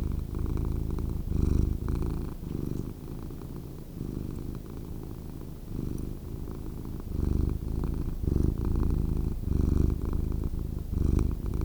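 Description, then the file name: Cat purr, low and continuous, its loudness swelling and dipping with slow breaths, nothing else clearly heard. "Cat Purring Sound"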